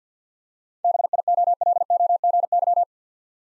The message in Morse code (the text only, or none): BIOLOGY